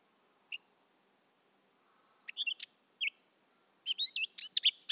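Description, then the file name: Eurasian blackcap song: a few isolated notes, then a lively, scratchy warble at the end, with light background hiss. "Sylvia atricapilla"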